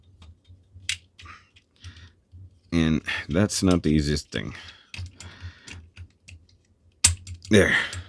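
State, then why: Not seated. The torso section of a plastic transforming robot figure is handled and slid upward into the figure's body. Someone talks while light plastic clicks and taps are heard, with a sharp, loud knock near 7.0 s. The torso section has not seated or snapped into place yet.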